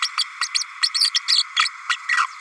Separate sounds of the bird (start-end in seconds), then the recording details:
0.02-0.09, 0.17-0.24, 0.41-0.48, 0.54-0.64, 0.82-0.89, 0.94-1.11, 1.14-1.21, 1.27-1.45, 1.56-1.69, 1.89-1.96, 2.08-2.26. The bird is a female. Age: 32 days. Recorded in a nest box in Venezuela. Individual 17B32A5